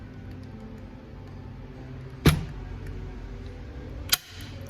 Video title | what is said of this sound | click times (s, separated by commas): Ford Focus DPS6 Transmission Exploratory Surgery & Clutch Replacement | So you hear the click. | 4.1 s